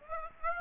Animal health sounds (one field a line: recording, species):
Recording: mosquito wingbeat signal from an infrared sensor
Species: Aedes aegypti